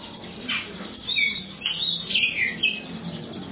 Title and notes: suara kacer. kumpulan suara burung kacer